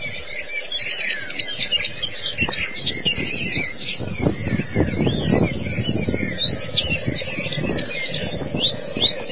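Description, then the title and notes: White-eye song: a dense, continuous stream of very high, rapid twittering notes, with irregular low thumps and rumbles underneath. "Kicauan Burung Pleci Durasi Panjang. Suara kicauan burung pleci"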